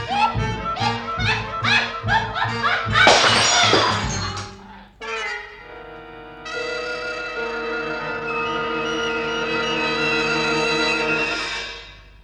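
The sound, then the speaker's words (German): A bright, crashing burst of a glass bottle shattering cuts through rhythmic music for about a second, then gives way to sustained, shimmering tones that swell and hold. “Hebe dich auf den Scherben der Flasche, rein und unverletzt.”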